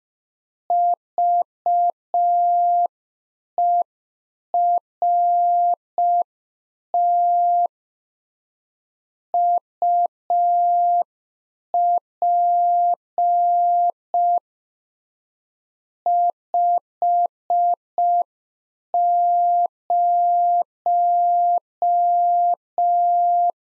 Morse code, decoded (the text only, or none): VERT UP 50